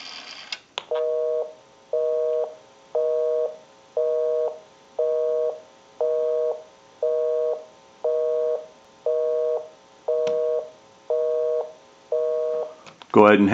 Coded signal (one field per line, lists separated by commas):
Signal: telephone call progress tone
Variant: North America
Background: speech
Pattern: busy tone